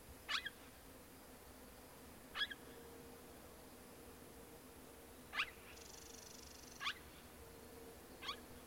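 Neumann's starling giving short, sharp, harsh call notes, five spaced out irregularly over about eight seconds, over a steady low hum.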